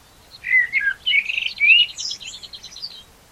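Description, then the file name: Common blackbird song: a short fluty warbled phrase that breaks into a rapid high twittering trill. "Turdus merula"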